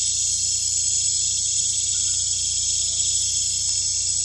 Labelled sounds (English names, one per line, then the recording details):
none
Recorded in pastures near Puerto Asís, Putumayo, Colombia, on 16 December 2024 at 20:30
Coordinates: 0.472, -76.329
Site G072